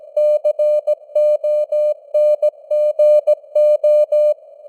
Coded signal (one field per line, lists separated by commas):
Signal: Morse code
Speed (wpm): 17 wpm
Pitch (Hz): 600 Hz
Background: none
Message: CONGO